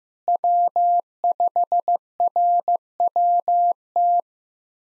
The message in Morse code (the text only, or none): W5RWT